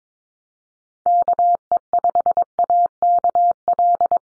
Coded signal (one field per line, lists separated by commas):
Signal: Morse code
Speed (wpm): 22 wpm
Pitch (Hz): 700 Hz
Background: none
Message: KE5AKL